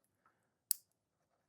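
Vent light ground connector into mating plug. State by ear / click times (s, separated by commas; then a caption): seated / 0.7 s. The ground lead connector for the vent lights on Raptor-style grill lights being installed on an F150 truck is pushed into its mating plug. After a faint brief sound near 0.3 s, it snaps home with a single sharp, bright click at 0.7 s. The connector is seated and locked in place.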